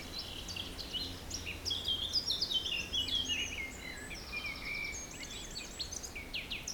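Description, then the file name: Songbirds chorusing together, rapid twittering phrases, fast trills and clipped high notes tumbling over one another, with a soft low rumble beneath. Forest in spring, windy at 3 Beaufort, recorded at 1 pm. "Forest Spring Birds Windy 3 bft 1 pm"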